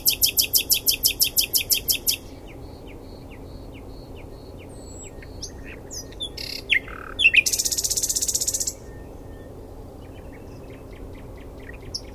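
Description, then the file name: Common nightingale song with a fast run of repeated high clicks, scattered sharp notes, then a loud harsh rattling burst lasting about a second and a half. "Luscinia megarhynchos"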